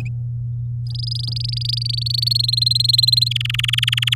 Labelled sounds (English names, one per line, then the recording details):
Domestic Canary song
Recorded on 7 May 2018 at 10:54
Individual llb16